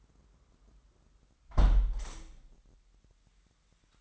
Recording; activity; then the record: daily activity, microphone in the room; close window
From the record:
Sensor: 3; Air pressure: 998.5 hPa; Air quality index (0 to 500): 134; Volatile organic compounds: 4 ppm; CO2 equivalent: 1605 ppm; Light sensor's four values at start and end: 8/20/8/9 and 8/20/8/9